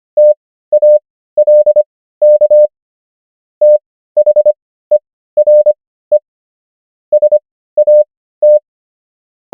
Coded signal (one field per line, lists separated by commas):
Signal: Morse code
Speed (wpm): 25 wpm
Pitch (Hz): 600 Hz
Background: none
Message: TALK THERE SAT